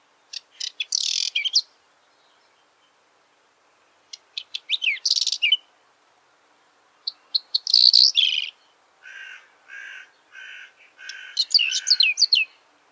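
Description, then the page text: Whinchat delivering brief, high, twittering phrases mixed with scratchy notes, pausing between them, followed by a few lower, even, repeated tones and another quick phrase. Russia. "Звуки Лугового Чекана (Saxicola rubetra)"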